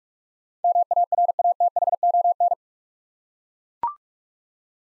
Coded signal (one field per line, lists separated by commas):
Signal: Morse code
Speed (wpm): 42 wpm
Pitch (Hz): 700 Hz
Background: none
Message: MARATHON